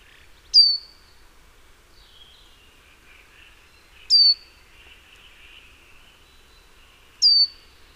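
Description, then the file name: Great tit calls: three sharp, high, downward-sliding notes, each followed by a short buzzy tail, spaced a few seconds apart, over soft twittering from other birds. "Parus major"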